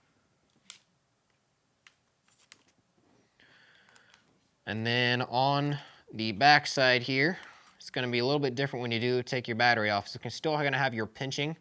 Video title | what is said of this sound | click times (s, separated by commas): Autel EVO Lite 640T Enterprise Unboxing | They're gonna snap real lightly in place. You'll hear the snap. | 0.7 s, 1.9 s, 2.5 s